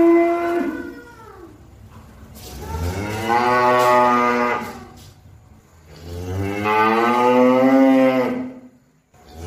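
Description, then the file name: Cow giving a short higher call, then two long full moos that rise slightly and trail off. "suara sapi"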